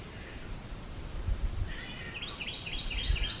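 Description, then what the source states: Bird chirping: after a stretch of steady background hiss, a quick series of short, sharp chirps begins and keeps going to the end, with low rumbling underneath. Recorded in 2008.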